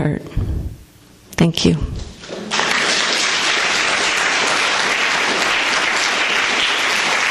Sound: applause